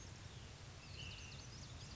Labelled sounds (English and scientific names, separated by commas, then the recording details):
Ash-throated Flycatcher (Myiarchus cinerascens)
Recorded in Sonoma County, California